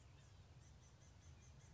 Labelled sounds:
Blue-gray Gnatcatcher (Polioptila caerulea)
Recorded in Sonoma County, California

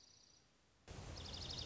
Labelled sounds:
Dark-eyed Junco (Junco hyemalis)
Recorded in Sonoma County, California

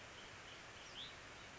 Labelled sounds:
Hutton's Vireo (Vireo huttoni)
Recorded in Sonoma County, California

